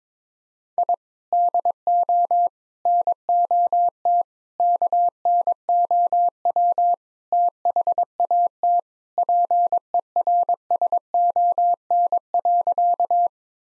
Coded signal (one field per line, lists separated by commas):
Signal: Morse code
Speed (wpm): 22 wpm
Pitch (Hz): 700 Hz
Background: none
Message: I DO NOT KNOW THAT PERSON.